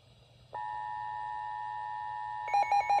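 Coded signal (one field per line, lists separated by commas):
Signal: Emergency Alert System (SAME) tones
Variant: 853 and 960 Hz attention tone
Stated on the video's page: Self-activation of a Midland WR-100 NOAA weather radio.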